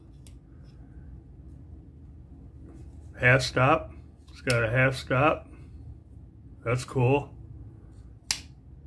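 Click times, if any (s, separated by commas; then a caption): 8.3 s. Someone talks while opening the steel blade of a Rough Ryder RR2167 Bigfoot folding lockback knife. At 8.3 s the blade snaps into its locked open position with one sharp click as the spring-loaded lockbar engages.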